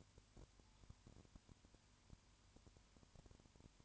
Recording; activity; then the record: daily activity, microphone in the room; no activity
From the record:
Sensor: 2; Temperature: 20.3 degrees Celsius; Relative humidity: 35.6%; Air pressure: 1001.0 hPa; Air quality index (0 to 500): 197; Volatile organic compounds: 5 ppm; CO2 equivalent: 1733 ppm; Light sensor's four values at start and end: 2/3/2/2 and 2/3/2/2